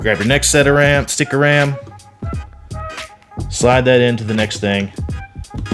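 A second RAM stick is being slid into the next DIMM slot on a motherboard while someone talks over background music, with a few brief handling sounds around 2.2, 2.5, 3.2 and 5.5 seconds. The stick is still being handled, and nothing has seated or clicked yet.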